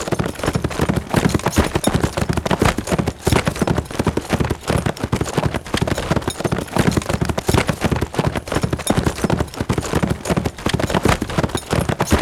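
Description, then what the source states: Horse galloping, dense rapid hoofbeats thudding steadily in quick clusters throughout. Steady, fast gallop on grass.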